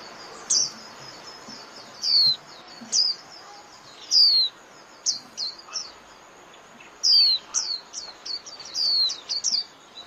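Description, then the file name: White-eye calls, sharp high downslurred chirps given singly or in small groups with short gaps, over quiet background hiss. White-eye lure call used for trapping birds (mồi). "Tieng khuyen moi"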